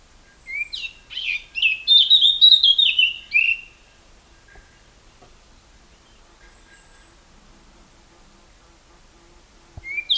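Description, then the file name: Eurasian blackcap song: one rich warbled phrase of about three seconds, then near silence with a faint thin note, and a new phrase beginning at the very end. "Sylvia atricapilla"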